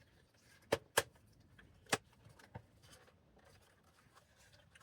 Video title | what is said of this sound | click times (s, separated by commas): Nissan Elgrand E50 How to remove instrument cluster & bulb replacement for Fine Vision cluster | Everything just snaps back in. | 0.7 s, 1.0 s, 1.9 s